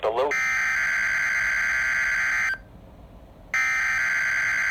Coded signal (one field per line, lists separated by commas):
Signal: Emergency Alert System (SAME) tones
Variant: header bursts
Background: speech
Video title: Required Weekly Test on NOAA Weather Radio (EAS #45) 2022/08/03